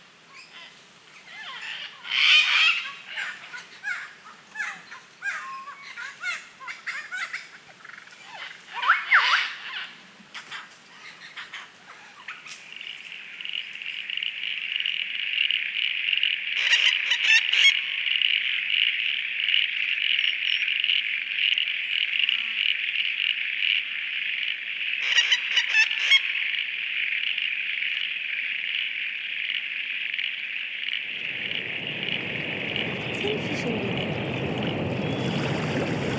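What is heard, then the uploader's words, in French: Wild Australian nature: busy bird calls chatter and whoop through the first twelve seconds, then a steady, dense insect drone settles in. Brief sharp rattling bursts cut across it near 17 and 26 seconds, and after about 31 seconds a low rushing roar like wind or water joins. Un univers sonore sauvage étonnant mêlant chants d'oiseaux, batraciens, insectes, vent, pluie, orage, mer et geyser. Ambiances de nature australienne.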